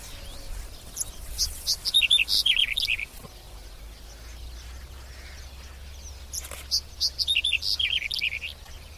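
Bird song, two bursts of sharp high chirps each sliding down the scale, separated by a few seconds of quiet with a low background hum.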